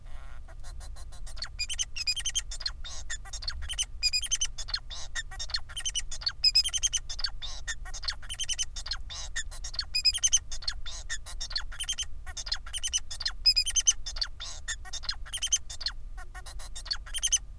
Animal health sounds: song of a male Bengalese finch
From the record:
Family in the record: son of father 4

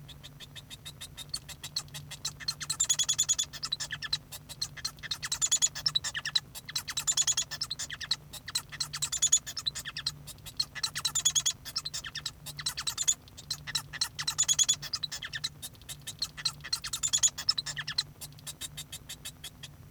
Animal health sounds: song of a male Bengalese finch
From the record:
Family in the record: son of father 1

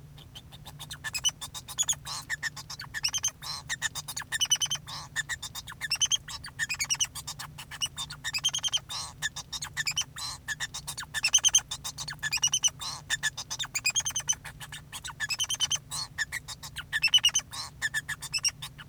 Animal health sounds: song of a male Bengalese finch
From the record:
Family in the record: son of father 2

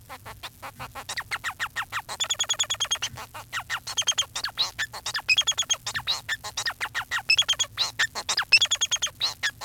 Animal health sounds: song of a male Bengalese finch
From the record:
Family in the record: son of father 4

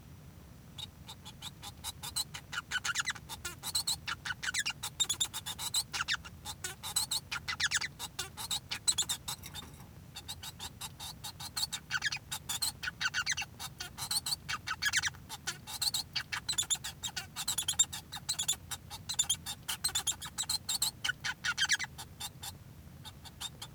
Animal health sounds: song of a male Bengalese finch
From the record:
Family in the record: son of father 1

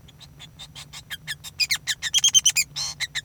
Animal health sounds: song of a male Bengalese finch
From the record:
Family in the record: son of father 5

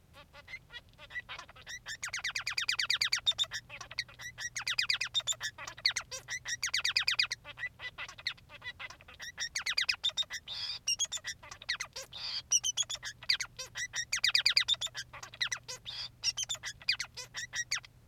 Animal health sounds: song of a male Bengalese finch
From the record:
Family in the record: son of father 3

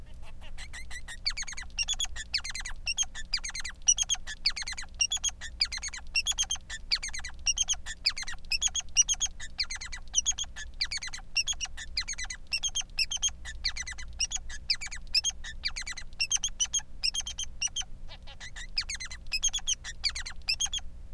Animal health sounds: song of a male Bengalese finch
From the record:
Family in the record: son of father 3

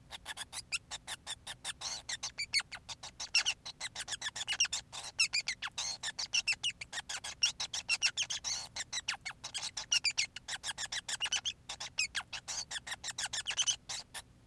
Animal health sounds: song of a male Bengalese finch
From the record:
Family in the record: son of father 5

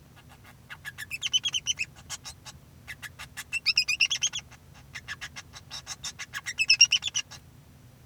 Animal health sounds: song of a male Bengalese finch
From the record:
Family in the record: son of father 2

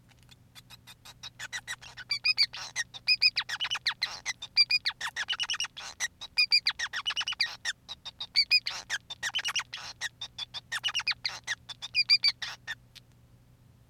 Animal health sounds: song of a male Bengalese finch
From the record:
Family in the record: son of father 5

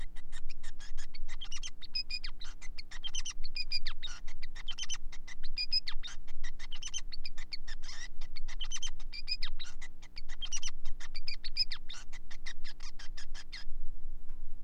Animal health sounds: song of a male Bengalese finch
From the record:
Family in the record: son of father 5

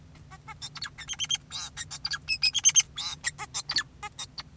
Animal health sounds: song of a male Bengalese finch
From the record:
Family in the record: son of father 2, and himself father 4

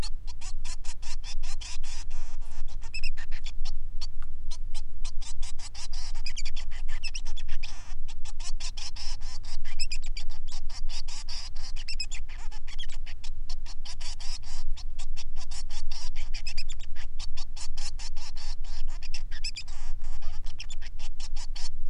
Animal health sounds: song of a male Bengalese finch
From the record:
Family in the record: son of father 3

